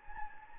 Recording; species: mosquito wingbeat signal from an infrared sensor; Anopheles gambiae